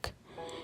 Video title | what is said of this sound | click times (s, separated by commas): Best Review Of KitchenAid Stand Mixer Vs Cuisinart Stand Mixer/Urdu/Hindi | तो click की आवाज़ आई तो ये फिट हो गया। | 0.0 s